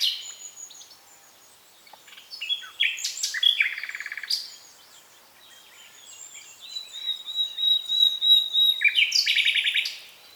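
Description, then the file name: Common nightingale song: sharp chattering phrases and short trills, a quieter stretch with a long thin whistle, then a final burst of rapid notes. "Luscinia megarhynchos"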